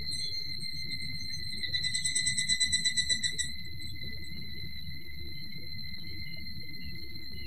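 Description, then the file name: Evening cicada call: a short burst of fast, rhythmic high pulses that swell and then fade over about two seconds, over a steady high whine and low rumble. "higurashi"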